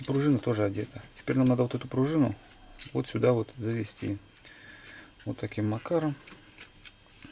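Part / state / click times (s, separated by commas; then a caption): throttle trigger into trimmer control handle / not seated / none. A throttle spring is guided into position on a trimmer's control handle during reassembly, with the throttle trigger handled but not yet pressed home. Someone talks throughout, with light handling noises and a brief tap near 6.6 s. Nothing has seated or clicked yet.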